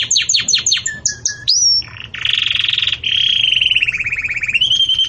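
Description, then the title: Canary song with quick descending chirps, a short whistle, then a long rolling buzzy trill that slowly falls and rises again. Belgian canary song used for teaching breeding chicks (encarte de filhotes); 'campainha' style. "Canto Do Canário Belga Campainha Para Encarte De Filhotes"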